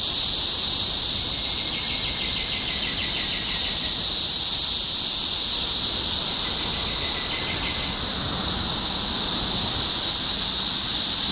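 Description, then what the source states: Cicadas buzz continuously in a loud shrill wash, joined twice by quick trilled chirp series from another singer. Topeka, Kansas; 14 June 2015.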